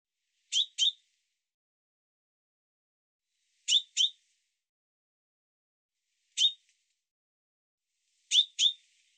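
Bird calls: crisp, high chirps delivered as doubled notes every few seconds, with one single note, and silence in between.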